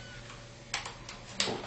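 A small spring-loaded follower release button at the bottom of a plastic BB magazine for a UHC MP5-SD3 airsoft rifle is pressed twice, since it takes a second press before it lets go. A sharp click sounds at 0.7 s, a softer tick follows near 1.1 s, and a louder snap comes at 1.4 s. The button releases and the spring starts pushing the BBs up.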